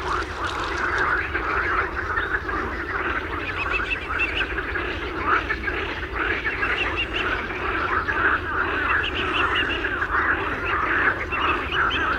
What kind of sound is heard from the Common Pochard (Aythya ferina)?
call